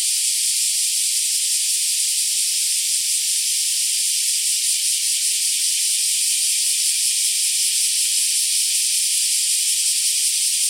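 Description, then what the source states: Black cicada: a dense, unbroken high-pitched buzz, steady and even in volume. More than one black cicada calling.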